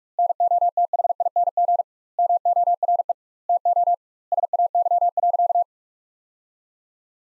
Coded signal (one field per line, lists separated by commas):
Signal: Morse code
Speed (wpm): 46 wpm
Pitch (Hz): 700 Hz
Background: none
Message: NOTHING MORE TO SAY.